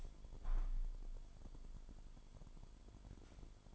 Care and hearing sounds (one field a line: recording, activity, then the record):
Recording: daily activity, microphone in the room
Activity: open window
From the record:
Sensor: 5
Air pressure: 998.7 hPa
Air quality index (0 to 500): 104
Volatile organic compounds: 2 ppm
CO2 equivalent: 1205 ppm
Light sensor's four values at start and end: 53/132/54/62 and 53/132/54/62